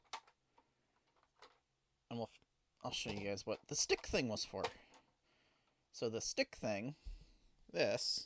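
A plastic latch on the closet of a Monster High Garden Mysteries Draculaura doll playset is unlocked, with a sharp click at 0.1 s and a fainter tick near 1.4 s. Someone then talks, and the closet latch is released.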